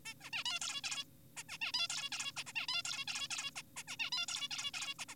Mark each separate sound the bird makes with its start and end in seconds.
0.06-0.14, 0.21-0.30, 0.33-0.44, 0.46-0.59, 0.61-0.81, 0.84-1.04, 1.37-1.44, 1.49-1.58, 1.61-1.72, 1.74-1.88, 1.90-2.10, 2.12-2.32, 2.37-2.44, 2.47-2.53, 2.56-2.66, 2.68-2.82, 2.85-3.05, 3.08-3.28, 3.31-3.51, 3.56-3.62, 3.77-3.83, 3.88-3.97, 4.00-4.10, 4.12-4.26, 4.28-4.49, 4.51-4.71, 4.74-4.94, 4.99-5.05, 5.09-5.15